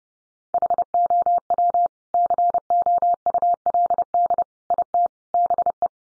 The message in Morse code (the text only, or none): HOW COULD IT BE